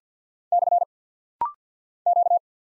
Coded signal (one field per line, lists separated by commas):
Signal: Morse code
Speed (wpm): 50 wpm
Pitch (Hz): 700 Hz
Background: none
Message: / Q